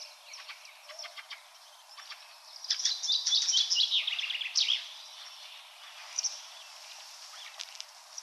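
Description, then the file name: Common chaffinch singing a quick cascade of high, sharp notes that tumble downward into a brief end phrase, with other thin chirps and ticks around it. "Fringilla coelebs"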